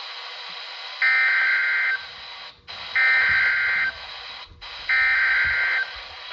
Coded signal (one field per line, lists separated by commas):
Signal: Emergency Alert System (SAME) tones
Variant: header bursts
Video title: *FOUND SAFE* (EAS "#967") TN Child Abduction Emergency from WNG588 (Jefferson, NC) - 6/2/2026